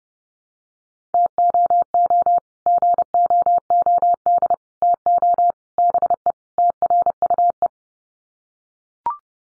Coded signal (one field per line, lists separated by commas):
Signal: Morse code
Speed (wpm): 30 wpm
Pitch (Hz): 700 Hz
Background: none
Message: TOO GOOD TO BE TRUE